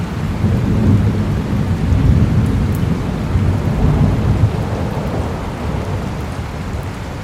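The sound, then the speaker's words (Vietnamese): Deep, continuous thunder rolls and rumbles across the Dã Nhân mountains at night, heavy low booming layered with a steady wash of rain, swelling and easing slightly without ever fully fading. “Trong bóng tối chỉ nghe thấy tiếng sấm kinh thiên động địa rền vang khắp núi Dã Nhân.”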